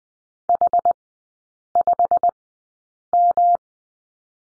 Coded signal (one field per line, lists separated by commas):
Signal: Morse code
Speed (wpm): 20 wpm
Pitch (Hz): 700 Hz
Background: none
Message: H5M